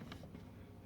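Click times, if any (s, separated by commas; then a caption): 0.1 s. A black plastic wiring plug from a tow mirror on a 2013–2016 Ram is pushed into the door wiring connector socket, just below the white connector already in place. A short, sharp click is heard at 0.1 s, showing the plug is seated.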